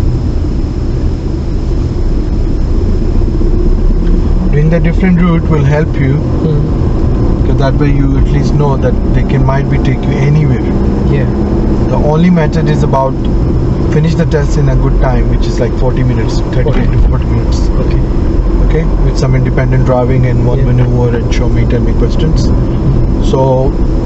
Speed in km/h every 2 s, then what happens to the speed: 15, 18, 26, 29, 32, 34, 32, 34, 34, 35, 37, 35.
0-8 speeds up to 32. 8-24 steady at about 34.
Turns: none.